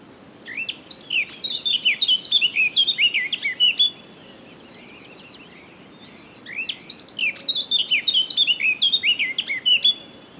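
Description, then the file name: Eurasian blackcap song in two bursts of fast, tumbling warbles, each roughly three seconds long, with a quiet pause between. "Sylvia atricapilla"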